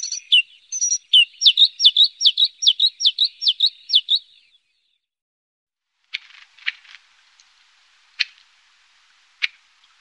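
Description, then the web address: Bluethroat song phrase of quick repeated rising double notes over a buzzy undertone, then quiet with a few dry clicks. "Faglar Sound Blahake"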